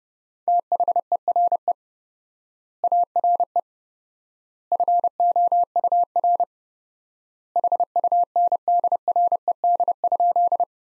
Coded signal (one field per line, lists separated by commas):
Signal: Morse code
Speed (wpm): 30 wpm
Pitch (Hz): 700 Hz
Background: none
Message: THERE ARE FOUR HUNDRED?